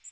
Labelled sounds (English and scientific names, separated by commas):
Magnolia Warbler (Setophaga magnolia) flight call